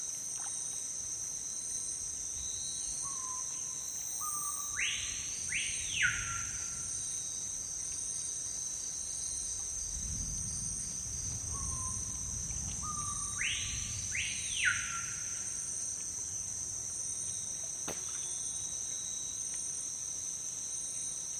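Dusk in the Amazon rainforest: a dense, steady insect drone shrills high and unbroken throughout. Twice, around five and fourteen seconds, a bird gives a rising series of notes ending in two quick swooping whistles, while a low rumble swells around ten to twelve seconds.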